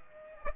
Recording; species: mosquito wingbeat signal from an infrared sensor; Aedes aegypti